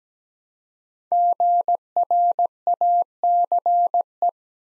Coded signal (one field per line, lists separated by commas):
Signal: Morse code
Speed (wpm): 17 wpm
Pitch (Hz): 700 Hz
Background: none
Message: GRACE